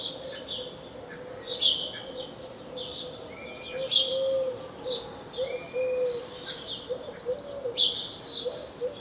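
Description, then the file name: House sparrow giving scattered single chirps, with a steady low droning tone underneath. "Passer domesticus"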